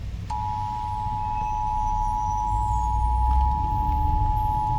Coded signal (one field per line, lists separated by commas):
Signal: Emergency Alert System (SAME) tones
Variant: 853 and 960 Hz attention tone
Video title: SiriusXM Required Monthly Test (EAS #1271) 9/20/23